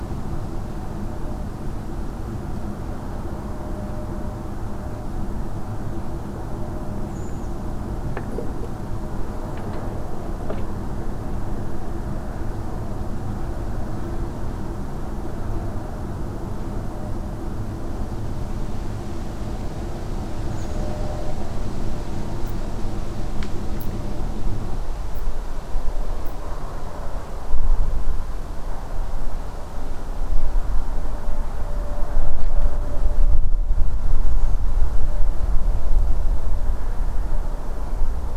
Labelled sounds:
Redwing

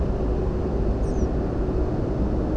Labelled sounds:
European Pied Flycatcher

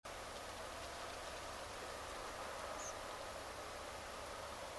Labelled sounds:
Tree Pipit
unidentified sound

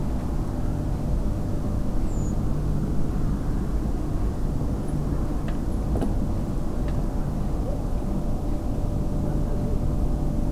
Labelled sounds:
Redwing

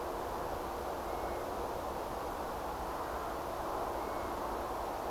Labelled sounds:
European Golden Plover

